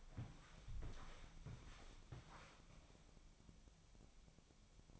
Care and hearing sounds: daily activity, microphone in the room; walk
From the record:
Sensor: 1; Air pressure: 1000.6 hPa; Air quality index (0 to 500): 171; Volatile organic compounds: 4 ppm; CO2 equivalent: 1582 ppm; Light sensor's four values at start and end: 16/38/16/18 and 15/38/16/18

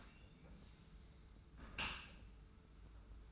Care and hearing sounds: daily activity, microphone in the room; close dishwasher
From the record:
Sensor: 2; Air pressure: 991.2 hPa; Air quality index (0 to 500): 140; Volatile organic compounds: 245 ppm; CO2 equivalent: 4348 ppm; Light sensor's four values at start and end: 39/113/44/43 and 39/112/44/42

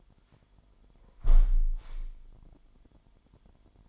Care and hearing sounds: daily activity, microphone in the room; close window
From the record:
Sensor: 5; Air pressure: 998.7 hPa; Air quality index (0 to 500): 104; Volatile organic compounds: 2 ppm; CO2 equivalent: 1204 ppm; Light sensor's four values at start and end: 49/121/50/57 and 49/121/50/57

